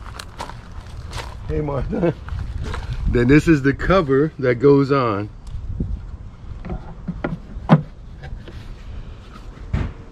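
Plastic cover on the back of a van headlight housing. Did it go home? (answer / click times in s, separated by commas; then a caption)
yes / 7.2 s. Someone talks while fitting the plastic cover onto the back of a van headlight housing, with light handling taps and scrapes around the speech. The cover is pressed on and snaps into place with a sharp click at 7.2 s.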